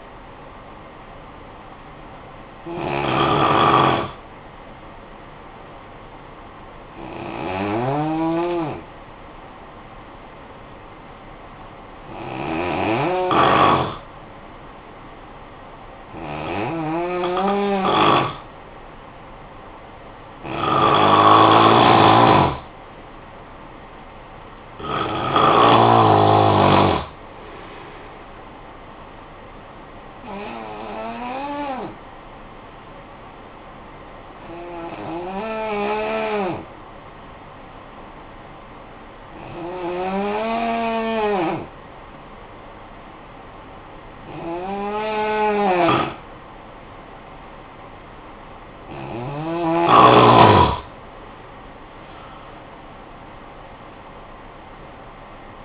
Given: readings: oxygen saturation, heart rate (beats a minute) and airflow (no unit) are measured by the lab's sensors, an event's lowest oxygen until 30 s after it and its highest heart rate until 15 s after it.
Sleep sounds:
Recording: breathing in sleep by a voice recorder at the bedside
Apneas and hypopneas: 2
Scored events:
5.00-19.80 s: hypopnea (N2, oxygen 95% highest, then 90% lowest, heart rate 52 at the start, 57 highest)
32.00-51.30 s: hypopnea (N2, oxygen 93% highest, then 87% lowest, heart rate 56 at the start, 80 highest)
50.00-55.65 s: new sleep stage, N1 (lightest sleep)
From the record:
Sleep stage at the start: N2 (light sleep)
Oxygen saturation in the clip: 89 to 95%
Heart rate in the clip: 52 to 76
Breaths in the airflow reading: 12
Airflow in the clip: -9.7 to 10.7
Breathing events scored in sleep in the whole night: 445 in 7.6 hours asleep

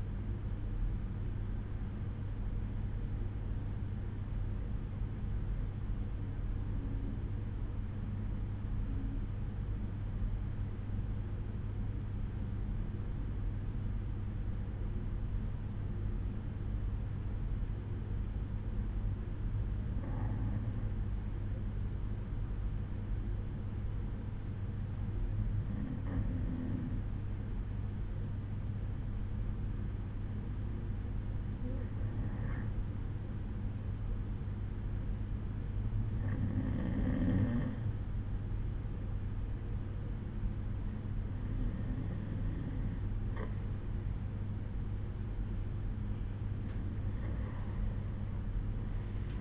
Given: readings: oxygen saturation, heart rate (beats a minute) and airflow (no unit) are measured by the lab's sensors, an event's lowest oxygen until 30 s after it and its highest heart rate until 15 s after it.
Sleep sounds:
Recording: breathing in sleep by a smartphone at the bedside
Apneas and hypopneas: 1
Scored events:
5.00-42.20 s: hypopnea (REM, oxygen 95% highest, then 92% lowest, heart rate 62 at the start, 68 highest)
From the record:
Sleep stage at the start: REM sleep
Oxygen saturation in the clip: 92 to 95%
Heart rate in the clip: 60 to 66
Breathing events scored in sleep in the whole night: 187 in 7.2 hours asleep

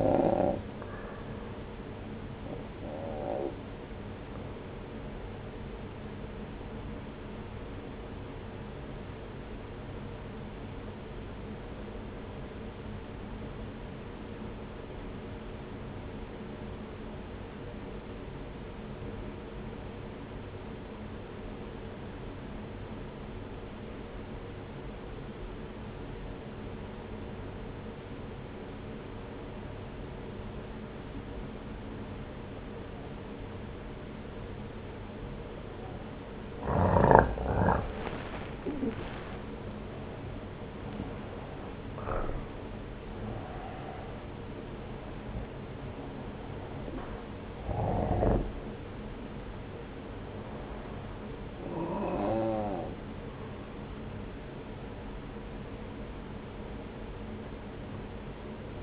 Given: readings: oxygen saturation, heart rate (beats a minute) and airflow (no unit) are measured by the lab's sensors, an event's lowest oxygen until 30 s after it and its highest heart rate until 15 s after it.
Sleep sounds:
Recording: breathing in sleep by a voice recorder at the bedside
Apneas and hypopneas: 1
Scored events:
8.00-37.80 s: obstructive apnea (N1, oxygen 95% highest, then 86% lowest)
From the record:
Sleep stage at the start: N1 (lightest sleep)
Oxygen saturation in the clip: 85 to 95%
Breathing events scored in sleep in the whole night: 303 in 8.1 hours asleep

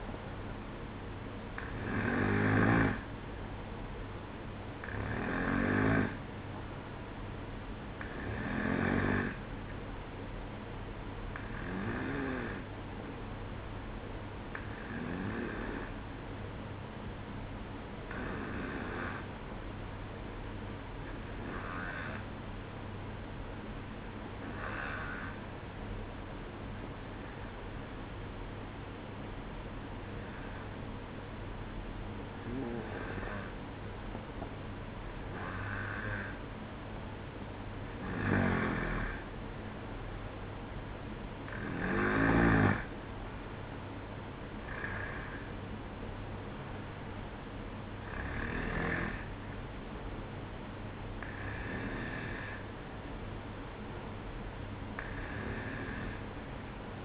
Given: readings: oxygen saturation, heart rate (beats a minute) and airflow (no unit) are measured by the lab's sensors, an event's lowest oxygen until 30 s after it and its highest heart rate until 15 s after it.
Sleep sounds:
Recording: breathing in sleep by a voice recorder at the bedside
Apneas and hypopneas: none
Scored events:
none scored
From the record:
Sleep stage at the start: N1 (lightest sleep)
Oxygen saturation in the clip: 91 to 94%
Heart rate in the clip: 62 to 67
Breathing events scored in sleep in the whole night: 305 in 9.6 hours asleep

